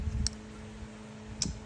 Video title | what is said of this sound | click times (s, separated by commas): Mail call part deuce | I mean, y'all heard the snap. It's got good snap. | 0.3 s, 1.4 s